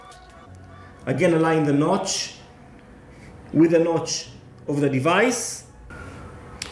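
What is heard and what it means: A second DDR4 SO-DIMM RAM module is aligned by its notch with the notch of the memory slot in a Synology DS923+ NAS and pressed down, while someone talks. A sharp snap at 6.6 s marks the module seating in the SO-DIMM slot, completing the 32 GB RAM install.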